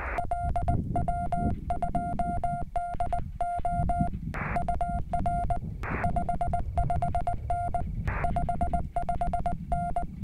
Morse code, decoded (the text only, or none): LW2DO UR 55N 55N